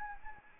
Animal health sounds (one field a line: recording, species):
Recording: mosquito wingbeat signal from an infrared sensor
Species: Anopheles arabiensis